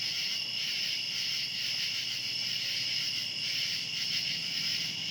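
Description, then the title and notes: Cicadas making a continuous high buzzing chorus with gentle rhythmic pulsing, over quiet background noise. Cicadas calling outdoors at night. "Ext. Cicadas, Night by Bandeto"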